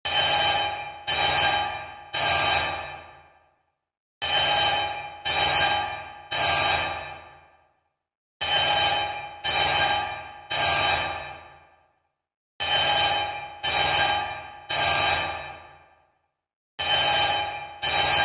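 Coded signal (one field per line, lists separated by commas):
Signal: coded fire alarm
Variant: 10-inch fire alarm bell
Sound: loud ringing bell struck three times, pause, repeated four times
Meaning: Coded fire alarm sounding code 3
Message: 3 strikes, repeated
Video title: General Signal 10" Fire Alarm Bell Code 3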